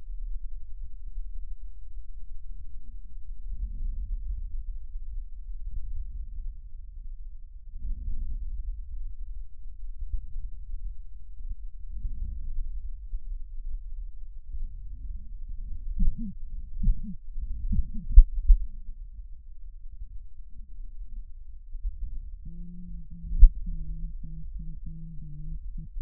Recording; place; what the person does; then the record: lung sounds by stethoscope; right posterior basal chest; quiet breathing, then cough and speech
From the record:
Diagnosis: interstitial lung disease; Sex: female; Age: 72 years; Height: 158 cm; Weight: 69 kg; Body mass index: 27.6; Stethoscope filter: bell mode